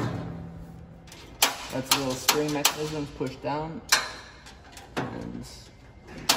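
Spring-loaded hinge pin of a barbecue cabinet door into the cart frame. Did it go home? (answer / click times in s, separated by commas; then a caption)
yes / 6.3 s. Someone talks while fitting the spring-loaded hinge pin of a cabinet door on a Weber Spirit E315 liquid propane barbecue into the cart frame, putting the bottom into its hole first and then pushing the spring mechanism down. A sharp single click at 6.3 s marks the pin locking into place.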